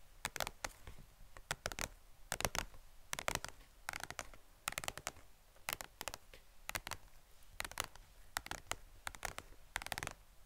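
Tapping in short, sharp clicks, often paired as quick doubles, repeating at a fairly steady pace of about two to three per second across the whole clip. Each tap is crisp and bright, with a faint low hum and quiet rustle underneath.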